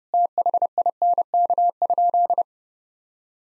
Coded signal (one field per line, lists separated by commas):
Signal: Morse code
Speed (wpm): 30 wpm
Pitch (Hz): 700 Hz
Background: none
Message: THINK?